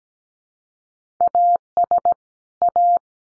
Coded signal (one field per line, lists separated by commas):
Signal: Morse code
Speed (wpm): 17 wpm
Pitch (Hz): 700 Hz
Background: none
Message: AS A